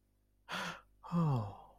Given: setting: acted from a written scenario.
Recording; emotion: vocal sound without words; embarrassment